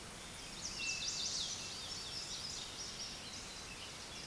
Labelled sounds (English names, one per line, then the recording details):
Chestnut-sided Warbler song
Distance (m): 35 m
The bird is about 10 m above the microphone
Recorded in a Pennsylvania forest on 16 May 2024 at 06:25
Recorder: AudioMoth, point MSD-1368
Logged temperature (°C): 12.5 °C
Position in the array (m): 11 m, 18 m